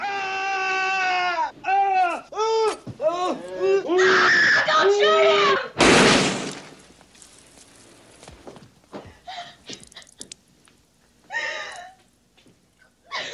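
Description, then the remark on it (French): Loud, high-pitched screams from a violent scene in a Scorsese film featuring the character Travis rise and fall in repeated wails for several seconds, then a sharp, booming gunshot bursts out, followed by quieter clatter, shuffling and scattered fearful cries. “Alors les cris et le bruit des tirs est presque aussi insoutenable à la radio qu'à l'image.”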